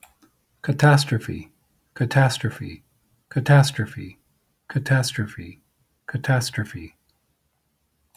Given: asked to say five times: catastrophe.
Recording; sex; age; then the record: repeated word; male; 50 to 59 years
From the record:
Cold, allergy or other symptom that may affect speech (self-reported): no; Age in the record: 51 years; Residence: California, United States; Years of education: 16